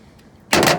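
A screw in the tailgate cap mounting is turned by hand with almost no torque, and its thread slips instead of tightening. After a faint tick near 0.2 s, a sudden loud broadband burst hits at 0.5 s and holds until the clip ends. The screw is stripped out.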